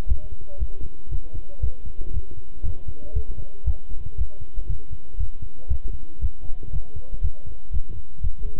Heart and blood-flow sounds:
heart sounds by stethoscope; between the tricuspid and mitral areas; 118 bpm
0.08 s: heartbeat
0.59 s: heartbeat
1.11 s: heartbeat
1.62 s: heartbeat
2.13 s: heartbeat
2.64 s: heartbeat
3.15 s: heartbeat
3.66 s: heartbeat
4.18 s: heartbeat
4.69 s: heartbeat
5.19 s: heartbeat
5.70 s: heartbeat
6.21 s: heartbeat
6.73 s: heartbeat
7.23 s: heartbeat
7.73 s: heartbeat
8.23 s: heartbeat
From the record:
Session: walking at 3.7 km/h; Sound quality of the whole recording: good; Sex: male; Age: 25 years

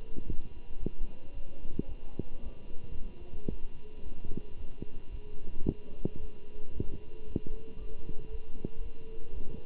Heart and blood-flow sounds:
heart sounds by stethoscope; between the tricuspid and mitral areas; 112 bpm
0.25 s: heartbeat
0.78 s: heartbeat
1.33 s: heartbeat
1.87 s: heartbeat
2.42 s: heartbeat
2.95 s: heartbeat
3.48 s: heartbeat
4.02 s: heartbeat
4.56 s: heartbeat
5.10 s: heartbeat
5.64 s: heartbeat
6.18 s: heartbeat
6.72 s: heartbeat
7.25 s: heartbeat
7.77 s: heartbeat
8.30 s: heartbeat
8.81 s: heartbeat
9.32 s: heartbeat
From the record:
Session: Bruce protocol treadmill stress test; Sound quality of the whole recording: good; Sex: male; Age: 23 years

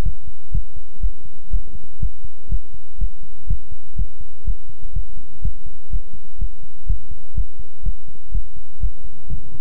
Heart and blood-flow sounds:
heart sounds by stethoscope; between the tricuspid and mitral areas; 123 bpm
0.03 s: heartbeat
0.52 s: heartbeat
1.00 s: heartbeat
1.50 s: heartbeat
2.00 s: heartbeat
2.49 s: heartbeat
2.98 s: heartbeat
3.47 s: heartbeat
3.96 s: heartbeat
4.44 s: heartbeat
4.93 s: heartbeat
5.42 s: heartbeat
5.90 s: heartbeat
6.38 s: heartbeat
6.86 s: heartbeat
7.34 s: heartbeat
7.83 s: heartbeat
8.32 s: heartbeat
8.80 s: heartbeat
9.28 s: heartbeat
From the record:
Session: pedaling a stationary bicycle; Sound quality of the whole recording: good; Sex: male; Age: 24 years

